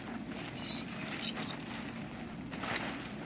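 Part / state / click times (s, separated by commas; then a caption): telescoping tent frame pole locking into its extended position / not seated / none. A telescoping tent frame pole is pulled out toward its extended position, with a bright high-pitched scraping rush around 0.5–0.8 s and brief sharp ticks near 1.0 s and 2.8 s over a low steady background hum. The pole section has not yet locked in place, and nothing has clicked or seated by the end of the clip.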